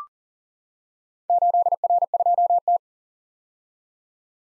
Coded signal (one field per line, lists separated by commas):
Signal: Morse code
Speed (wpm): 43 wpm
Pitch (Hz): 700 Hz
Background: none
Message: 8R2T